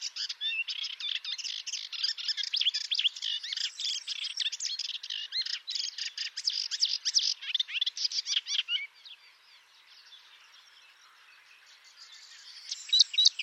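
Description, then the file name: Melodious warbler song: a dense, scratchy babble of chirps and chatter for about nine seconds, then near quiet before a few thin high notes return. "Hypolais polyglotte"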